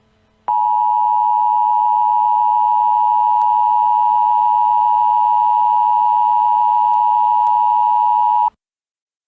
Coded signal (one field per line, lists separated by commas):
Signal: Emergency Alert System (SAME) tones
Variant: 853 and 960 Hz attention tone